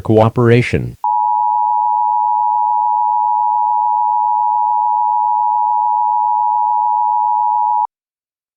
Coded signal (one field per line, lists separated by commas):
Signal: Emergency Alert System (SAME) tones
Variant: 853 and 960 Hz attention tone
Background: speech